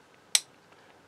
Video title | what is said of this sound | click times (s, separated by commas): Daystate Redwolf - Reassembly | should lock into place once it's in the correct position | 0.4 s